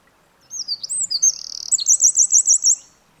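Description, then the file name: Eurasian wren song: a burst of high, slurred whistled notes running into a fast, even trill of sharp repeated notes, then silence. "Troglodytes troglodytes"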